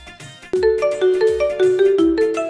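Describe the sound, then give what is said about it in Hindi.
A phone rings with a melodic ringtone, a quick run of bright, bell-like notes repeating in a steady pattern after a brief quiet start. It plays fairly loud, with no talking over it. “माफ़ करो, फोन है।”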